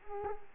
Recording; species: mosquito wingbeat signal from an infrared sensor; Culex quinquefasciatus